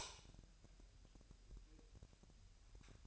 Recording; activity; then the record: daily activity, microphone in the room; light on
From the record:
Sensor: 2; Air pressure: 1001.8 hPa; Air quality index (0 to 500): 246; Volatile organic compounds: 34 ppm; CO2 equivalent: 3049 ppm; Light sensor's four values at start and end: 4/9/4/4 and 9/27/10/10